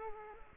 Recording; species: mosquito wingbeat signal from an infrared sensor; Culex quinquefasciatus